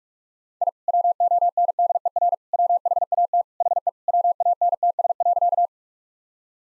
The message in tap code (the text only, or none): none